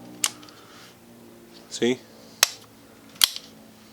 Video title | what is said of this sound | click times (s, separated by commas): Budget angle grinders, are they worth it? | Porter Cable you push it up already snaps in you don't there's not much pressure | 0.2 s